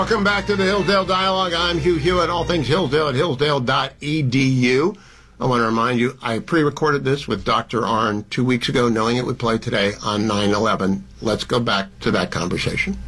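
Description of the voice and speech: An adult male radio host speaks in a clear, fluent, well-paced radio voice with a moderate pitch and natural intonation, introducing a talk segment. Short pauses fall between phrases, and the sound is studio-clean. The speech is ordinary and normal, with no signs of a voice or speech disorder.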